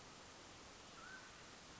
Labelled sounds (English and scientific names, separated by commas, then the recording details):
Mountain Quail (Oreortyx pictus)
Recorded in Sonoma County, California